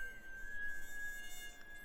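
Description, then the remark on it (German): Mosquitoes buzz in the heat in a thin, high-pitched, unbroken whine that holds steady for the whole moment, faint but persistent, with no voices over it. “Diese Hitze. Mücken. Diese unerträglichen. Diese grässlichen.”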